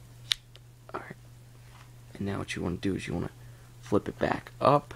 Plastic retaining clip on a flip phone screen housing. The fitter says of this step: prying it down underneath. Wait until you hear the click.